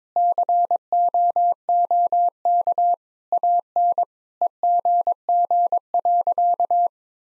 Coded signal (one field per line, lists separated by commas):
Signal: Morse code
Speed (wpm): 22 wpm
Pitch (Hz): 700 Hz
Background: none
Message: COOK AN EGG.